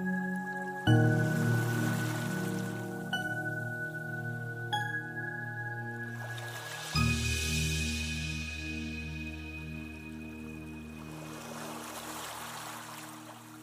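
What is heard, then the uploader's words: Meditation music of slow, sustained low chords that shift only twice, near the start and around the middle, with soft chime-like notes ringing out every few seconds. A gentle trickling water sound hisses faintly underneath and swells a little midway before fading. Meditation Music with soft water sounds.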